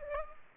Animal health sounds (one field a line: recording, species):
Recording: mosquito wingbeat signal from an infrared sensor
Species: Culex pipiens